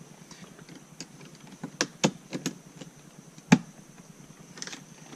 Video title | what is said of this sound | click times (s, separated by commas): Fixing ML280 Aircon Vents W164 | You should hear it click. | 1.8 s, 3.5 s